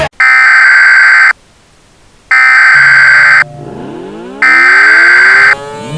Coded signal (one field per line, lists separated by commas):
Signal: Emergency Alert System (SAME) tones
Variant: header bursts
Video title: EAS Scenario: Angry Skies in the Ozarks